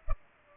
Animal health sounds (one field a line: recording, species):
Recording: mosquito wingbeat signal from an infrared sensor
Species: Culex pipiens